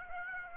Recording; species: mosquito wingbeat signal from an infrared sensor; Aedes aegypti